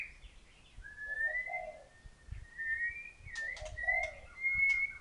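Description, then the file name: White-rumped shama: long, smooth, steady whistled notes with soft low fluty notes between, and a few sharp clicks in the second half. Thailand. "murai thailand"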